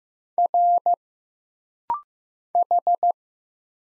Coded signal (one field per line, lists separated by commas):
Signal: Morse code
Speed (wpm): 15 wpm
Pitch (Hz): 700 Hz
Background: none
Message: R H